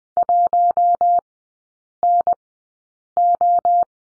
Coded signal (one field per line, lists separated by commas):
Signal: Morse code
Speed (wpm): 20 wpm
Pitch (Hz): 700 Hz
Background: none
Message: 1NO